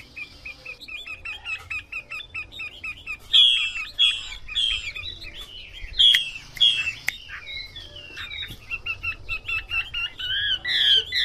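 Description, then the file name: Chinese hwamei song: varied whistled phrases, some loud and slurred, others soft and rapid, with a few sharp clicks. Female hwamei singing. "Tieng chim hoa mi mai hot"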